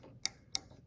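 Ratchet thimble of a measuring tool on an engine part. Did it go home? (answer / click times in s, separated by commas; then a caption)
yes / 0.2 s, 0.6 s. The ratchet thimble of a measuring tool is snugged down while measuring a part of a 1956 265 engine bound for a 1956 Nomad. Two sharp, bright metallic ticks ring out at 0.3 and 0.6 seconds over a faint low background. The ratchet clicks as it reaches its contact setting.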